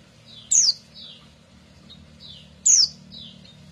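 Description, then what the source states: Canary calling with two loud, high downward-sweeping chirps about two seconds apart, softer falling notes between them, low hum beneath. Recording of an F1 Ys canary, used as therapy for a canary that has stopped singing.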